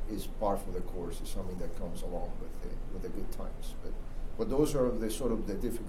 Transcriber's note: none